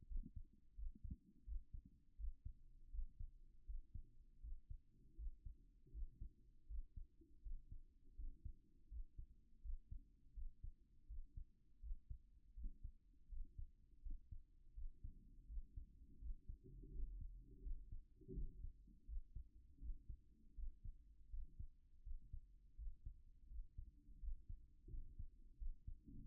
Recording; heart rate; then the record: heart sounds by stethoscope; 82 bpm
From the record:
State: at rest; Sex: male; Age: 37 years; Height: 170 cm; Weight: 86 kg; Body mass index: 29.76